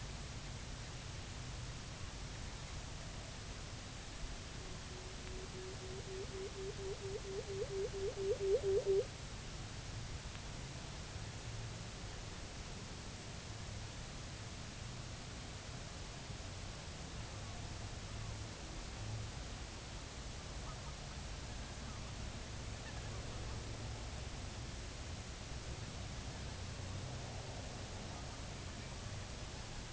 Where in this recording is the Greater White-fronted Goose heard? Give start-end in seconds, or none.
20.50-21.98, 22.70-23.30, 27.95-29.25